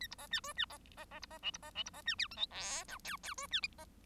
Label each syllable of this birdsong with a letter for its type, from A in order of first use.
A B C D E D C C C B C F B C F B C D G H I J K L L E D